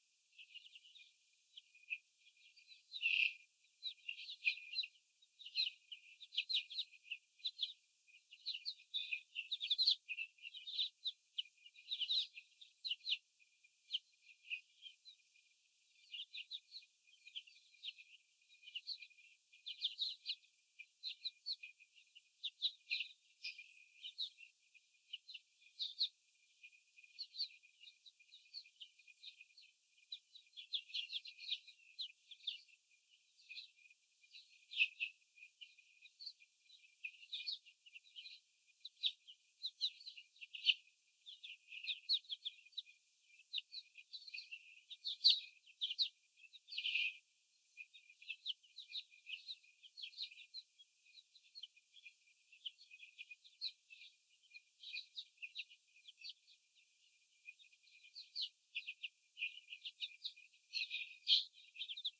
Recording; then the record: young laying hens in a cage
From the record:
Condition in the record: after the stressor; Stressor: sudden umbrella opening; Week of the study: 3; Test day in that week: 2